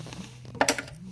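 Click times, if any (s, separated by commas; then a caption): 0.6 s. A mechanic pulls the locking pin from the spring-loaded metal timing belt tensioner on the 1.8 L engine of a 2014 Chevy Cruze, and the tensioner snaps against the timing belt at 0.6 s, with a second sharp hit right after at 0.7 s and fainter taps trailing off. The tensioner is released and the belt is now under tension.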